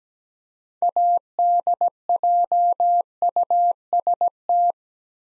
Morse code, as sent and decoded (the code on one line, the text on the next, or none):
.- -.. .--- ..- ... -
ADJUST